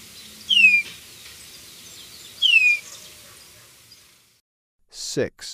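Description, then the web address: Golden-rumped euphonia calling twice with sharp, downslurred whistles over faint background bird chatter, then a sudden loud noise. Recorded in Ecuador. "Birds of Ecuador. Golden-rumped Euphonia"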